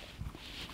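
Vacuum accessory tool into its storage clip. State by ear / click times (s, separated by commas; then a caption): not seated / none. A plastic accessory tool is being fitted into the storage clip on the dock of a Dyson DC44/DC35 Digital Slim vacuum, producing a few soft low clatter and handling bumps around 0.2–0.35 s over faint background noise. Nothing has seated or clicked yet.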